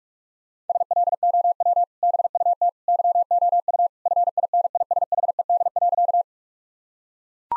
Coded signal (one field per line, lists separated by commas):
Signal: Morse code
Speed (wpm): 41 wpm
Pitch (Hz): 700 Hz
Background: none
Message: SLOW BUT YOU FINISHED.